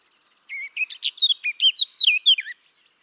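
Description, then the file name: Eurasian blackcap singing one two-second phrase, quick chattering notes turning into clear, loud, fluty whistles that drop at the end. "Sylvia atricapilla"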